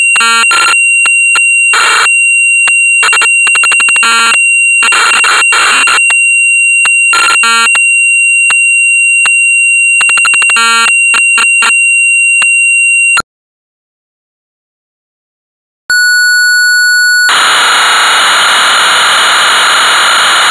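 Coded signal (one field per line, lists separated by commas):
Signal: computer data on cassette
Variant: Amstrad CPC 464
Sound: high steady tone with regular clicks and bursts, silence, then lead tone into harsh hiss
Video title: Hard Hat Mack (1983) - Amstrad CPC 464 (Full Tape Rip / Cassette Load)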